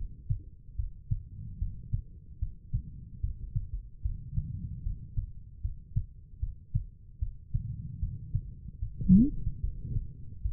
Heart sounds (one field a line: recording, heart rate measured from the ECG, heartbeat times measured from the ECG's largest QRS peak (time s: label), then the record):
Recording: heart sounds by stethoscope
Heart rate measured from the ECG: 75 bpm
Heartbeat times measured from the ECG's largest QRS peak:
0.75 s: heartbeat
1.58 s: heartbeat
2.38 s: heartbeat
3.20 s: heartbeat
4.01 s: heartbeat
4.82 s: heartbeat
5.60 s: heartbeat
6.39 s: heartbeat
7.18 s: heartbeat
7.99 s: heartbeat
8.78 s: heartbeat
9.60 s: heartbeat
10.41 s: heartbeat
From the record:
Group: healthy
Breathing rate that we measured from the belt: 18 breaths a minute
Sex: female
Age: 43 years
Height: 160 cm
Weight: 90 kg